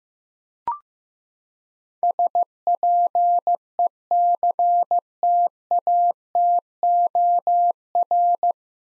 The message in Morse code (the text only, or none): SPECTATOR